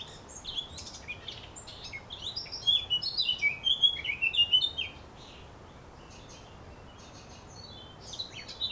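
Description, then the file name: Eurasian blackcap singing a fast, jumbled burst of sweet whistles and chattering notes for a few seconds, then a pause before faint twittering resumes, with steady low noise throughout. "Sylvia atricapilla"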